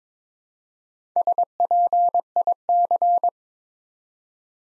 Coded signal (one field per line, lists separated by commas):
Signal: Morse code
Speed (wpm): 22 wpm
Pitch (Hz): 700 Hz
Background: none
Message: SPIC